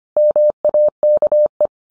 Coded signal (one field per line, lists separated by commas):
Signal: Morse code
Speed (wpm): 25 wpm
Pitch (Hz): 600 Hz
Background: none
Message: MAKE